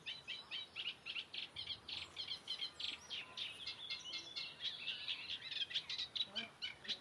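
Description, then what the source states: Reed warbler song: a busy run of short chattering notes repeated rapidly and unevenly. Recorded at Llangorse Lake in mid-May.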